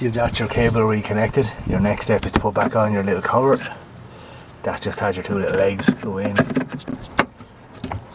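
On a BMW 6 Series E63/E64, after the low beam headlight bulb's cable has been reconnected, the small plastic access cover is being put back on the rear of the headlight housing, with its two legs set in first. Someone talks over the work, and brief handling knocks are heard near the end, around 6.7 to 7.9 seconds. The cover has not clicked or seated yet.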